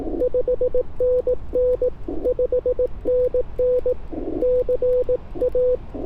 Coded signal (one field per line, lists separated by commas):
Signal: Morse code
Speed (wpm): 20 wpm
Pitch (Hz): 500 Hz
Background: radio noise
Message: 5NN 5NN CA